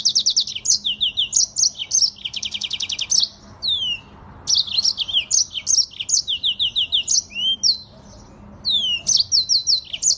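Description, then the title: Streaked spiderhunter song: quick high chirps, a rapid buzzy trill, then more slurred whistles after a short pause. Long, clear, vigorous (gacor) song; tutor (masteran) recording for cage birds. "Pijantung Gunung Gacor Jernih Panjang"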